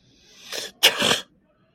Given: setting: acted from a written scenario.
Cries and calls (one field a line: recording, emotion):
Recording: vocal sound without words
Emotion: contempt